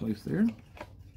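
During reassembly of a 1965 vintage barometer weather station, an unnamed component is handled as it is being fitted into its housing while someone talks. Soft handling noises and a couple of brief ticks follow, but the part is not yet home and nothing has seated or clicked.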